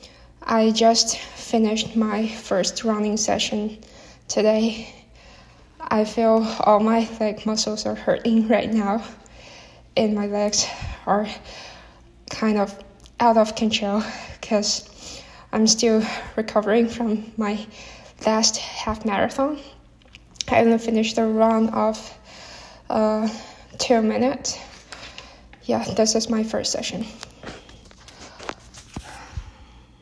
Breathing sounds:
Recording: free speech after running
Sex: female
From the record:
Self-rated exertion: moderate exertion (3 of 6)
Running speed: 7 miles an hour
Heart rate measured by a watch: 72 beats a minute at the start, 85 at the end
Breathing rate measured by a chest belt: 17 breaths a minute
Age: 24 years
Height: 163 cm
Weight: 52 kg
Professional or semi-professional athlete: no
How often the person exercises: 1 to 2 times a week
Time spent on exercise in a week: under 1 hour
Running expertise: no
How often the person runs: 1 to 2 times a week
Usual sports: interval training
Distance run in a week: 5 km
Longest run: 3 km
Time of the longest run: 30 minutes

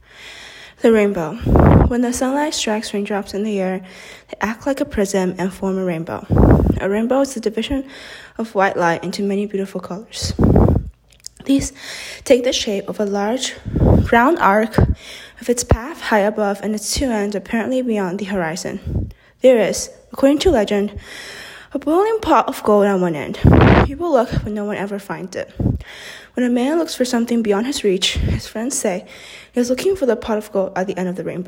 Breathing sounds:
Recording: reading aloud after running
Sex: female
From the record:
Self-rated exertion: vigorous exertion (4 of 6)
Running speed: 6 miles an hour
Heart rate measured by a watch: 120 beats a minute at the start, 137 at the end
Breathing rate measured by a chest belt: 14 breaths a minute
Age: 18 years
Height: 171 cm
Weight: 75 kg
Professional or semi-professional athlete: no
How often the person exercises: 1 to 2 times a week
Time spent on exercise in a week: under 1 hour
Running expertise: no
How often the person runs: 1 to 2 times a week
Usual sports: running, fencing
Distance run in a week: 3 km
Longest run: 21.3 km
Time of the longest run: 190 minutes

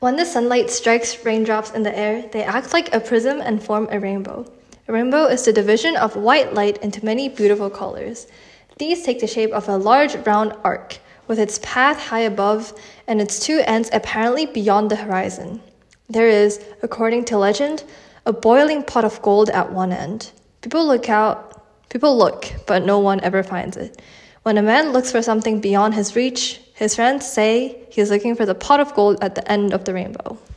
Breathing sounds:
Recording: reading aloud after running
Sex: female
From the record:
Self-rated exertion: light exertion (2 of 6)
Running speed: 5 miles an hour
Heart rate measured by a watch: 107 beats a minute at the start, 108 at the end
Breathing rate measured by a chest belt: 26 breaths a minute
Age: 18 years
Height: 167 cm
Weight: 50 kg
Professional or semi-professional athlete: no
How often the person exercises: 1 to 2 times a week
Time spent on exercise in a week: 1 to 2 hours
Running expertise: no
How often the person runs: 1 to 2 times a week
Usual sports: running, walking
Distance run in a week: 1 to 2 km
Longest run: 6 km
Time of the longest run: 34 minutes

